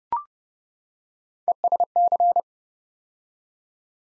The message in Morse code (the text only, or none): ESC